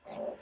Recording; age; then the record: pig call; piglet (1 to 25 days)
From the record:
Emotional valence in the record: negative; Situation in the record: restrain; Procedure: back test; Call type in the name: low-frequency call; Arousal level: low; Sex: male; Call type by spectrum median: low-frequency call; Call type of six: low-frequency stable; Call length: 0.41 s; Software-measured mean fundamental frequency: 52 Hz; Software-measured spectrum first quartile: 470 Hz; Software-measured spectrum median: 583 Hz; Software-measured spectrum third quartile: 713 Hz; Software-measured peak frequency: 584 Hz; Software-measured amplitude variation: 176 dB a second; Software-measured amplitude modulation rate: 20.5 a second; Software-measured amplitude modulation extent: 8.6 dB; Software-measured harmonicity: 4.9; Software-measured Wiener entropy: -0.30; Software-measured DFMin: 1030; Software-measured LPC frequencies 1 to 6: 587, 1998, 2514, 3454, 5340, 6844 Hz